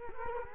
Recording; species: mosquito wingbeat signal from an infrared sensor; Culex quinquefasciatus